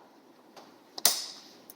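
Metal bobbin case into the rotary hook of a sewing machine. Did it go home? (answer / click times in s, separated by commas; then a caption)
yes / 1.1 s. A metal bobbin case of an industrial sewing machine, rested on the rotary hook with its notch aligned, is pressed in by hand until it snaps home with a sharp click at 1.1 s. A faint tick comes just before it, and small ticks follow near the end. The bobbin case is confirmed seated in the hook.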